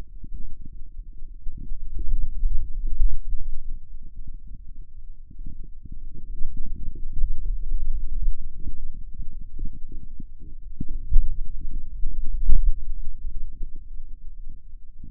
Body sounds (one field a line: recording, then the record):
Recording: forearm muscle sounds (acoustic myography)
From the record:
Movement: pen grasping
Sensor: system 2, bracelet of six BSWA MPA416 microphones around the upper forearm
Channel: 5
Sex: male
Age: 22 years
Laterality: right